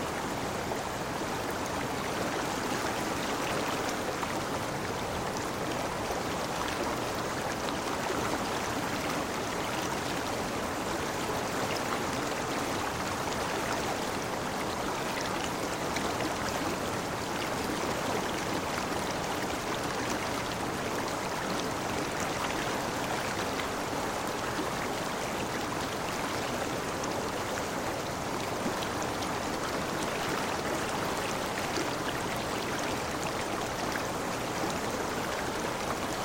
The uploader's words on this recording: Nature River Sounds. Water White Noise.